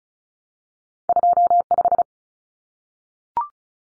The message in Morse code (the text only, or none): 25